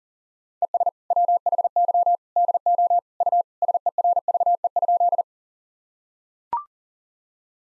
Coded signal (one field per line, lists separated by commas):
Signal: Morse code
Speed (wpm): 40 wpm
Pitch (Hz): 700 Hz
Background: none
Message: ES WHY DO U SERVE?